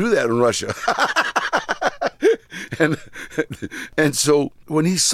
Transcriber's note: laughter